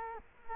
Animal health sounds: mosquito wingbeat signal from an infrared sensor; Culex quinquefasciatus

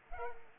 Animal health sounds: mosquito wingbeat signal from an infrared sensor; Culex pipiens

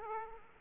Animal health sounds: mosquito wingbeat signal from an infrared sensor; Aedes aegypti

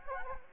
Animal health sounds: mosquito wingbeat signal from an infrared sensor; Anopheles gambiae

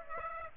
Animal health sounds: mosquito wingbeat signal from an infrared sensor; Aedes aegypti

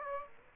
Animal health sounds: mosquito wingbeat signal from an infrared sensor; Aedes aegypti

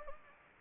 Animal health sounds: mosquito wingbeat signal from an infrared sensor; Anopheles gambiae

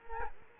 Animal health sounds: mosquito wingbeat signal from an infrared sensor; Culex quinquefasciatus

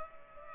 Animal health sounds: mosquito wingbeat signal from an infrared sensor; Culex pipiens

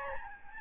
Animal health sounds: mosquito wingbeat signal from an infrared sensor; Aedes albopictus

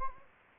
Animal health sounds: mosquito wingbeat signal from an infrared sensor; Anopheles gambiae

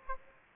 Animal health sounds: mosquito wingbeat signal from an infrared sensor; Aedes aegypti

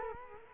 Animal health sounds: mosquito wingbeat signal from an infrared sensor; Culex quinquefasciatus

